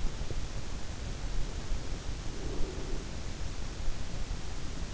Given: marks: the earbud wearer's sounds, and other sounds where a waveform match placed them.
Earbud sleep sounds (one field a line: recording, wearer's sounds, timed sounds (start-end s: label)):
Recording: sounds in sleep by an in-ear microphone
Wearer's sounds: breath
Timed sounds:
1.41-4.45 s: breath